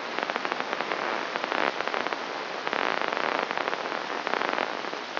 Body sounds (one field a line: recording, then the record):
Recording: brain microelectrode recording played as sound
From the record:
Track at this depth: outside the subthalamic nucleus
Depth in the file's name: 1.313 mm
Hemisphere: left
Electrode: 3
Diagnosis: Parkinson's disease